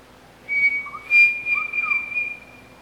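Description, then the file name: Pavonine cuckoo song: one two-second phrase of high, steady whistled notes running together, with softer lower rising whistles between them. "canto do peixe frito pavonino"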